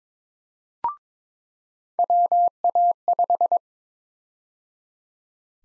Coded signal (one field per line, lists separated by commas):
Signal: Morse code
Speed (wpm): 22 wpm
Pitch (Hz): 700 Hz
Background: none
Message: WA5